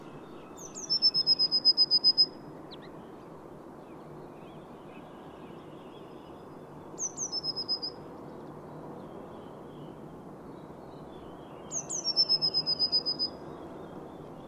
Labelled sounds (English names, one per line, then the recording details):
Eurasian Blue Tit song
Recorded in the wild
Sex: male
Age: adult
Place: Schönow, Naturpark Barnim, Brandenburg, DE
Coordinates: 52.6842, 13.5283
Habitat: heath
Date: 2005-04-01
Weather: clear, 0°C, weak south-easterly winds
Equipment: Tascam DA-P1, Telinga Pro 5
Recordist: Frommolt, Karl-Heinz